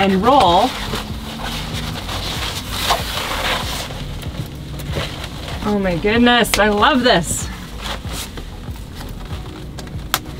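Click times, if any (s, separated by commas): 10.1 s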